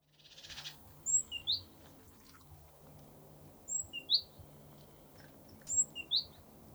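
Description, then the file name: Great tit giving three bursts of sharp, high notes stepping down in pitch, the first preceded by a brief rustle, against a faint steady hum. "Parus major"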